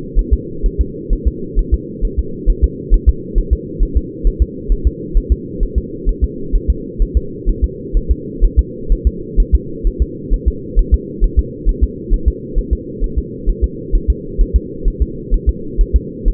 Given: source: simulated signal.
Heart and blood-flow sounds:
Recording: fetal heart sounds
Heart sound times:
0.19 s: S1
0.33 s: S2
0.66 s: S1
0.81 s: S2
1.13 s: S1
1.27 s: S2
1.59 s: S1
1.74 s: S2
2.05 s: S1
2.19 s: S2
2.50 s: S1
2.64 s: S2
2.94 s: S1
3.09 s: S2
3.38 s: S1
3.53 s: S2
3.83 s: S1
3.97 s: S2
4.27 s: S1
4.42 s: S2
4.72 s: S1
4.87 s: S2
5.17 s: S1
5.32 s: S2
5.63 s: S1
5.78 s: S2
6.09 s: S1
6.24 s: S2
6.55 s: S1
6.70 s: S2
7.02 s: S1
7.17 s: S2
7.49 s: S1
7.64 s: S2
7.97 s: S1
8.11 s: S2
8.44 s: S1
8.59 s: S2
8.92 s: S1
9.07 s: S2
9.40 s: S1
9.55 s: S2
9.87 s: S1
10.02 s: S2
10.33 s: S1
10.48 s: S2
10.79 s: S1
10.94 s: S2
11.24 s: S1
11.39 s: S2
11.69 s: S1
11.84 s: S2
12.13 s: S1
12.28 s: S2
12.58 s: S1
12.73 s: S2
13.04 s: S1
13.19 s: S2
13.49 s: S1
13.64 s: S2
13.95 s: S1
14.10 s: S2
14.41 s: S1
14.56 s: S2
14.88 s: S1
15.02 s: S2
15.34 s: S1
15.49 s: S2
15.81 s: S1
15.96 s: S2
16.28 s: S1
From the record:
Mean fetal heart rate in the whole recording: 130 bpm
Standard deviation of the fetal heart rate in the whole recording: 4 bpm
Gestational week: 38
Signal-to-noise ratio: -4.3 dB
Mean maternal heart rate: 72 bpm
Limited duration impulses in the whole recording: absent

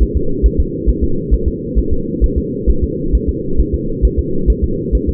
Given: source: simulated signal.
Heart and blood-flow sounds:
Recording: fetal heart sounds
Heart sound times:
0.03 s: S1
0.17 s: S2
0.46 s: S1
0.60 s: S2
0.90 s: S1
1.04 s: S2
1.34 s: S1
1.48 s: S2
1.79 s: S1
1.93 s: S2
2.24 s: S1
2.38 s: S2
2.70 s: S1
2.84 s: S2
3.15 s: S1
3.29 s: S2
3.60 s: S1
3.74 s: S2
4.05 s: S1
4.19 s: S2
4.50 s: S1
4.64 s: S2
4.95 s: S1
5.09 s: S2
From the record:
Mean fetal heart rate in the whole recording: 135 bpm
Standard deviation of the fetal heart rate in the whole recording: 3 bpm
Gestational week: 34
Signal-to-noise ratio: -8.1 dB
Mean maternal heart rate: 72 bpm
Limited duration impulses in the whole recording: absent

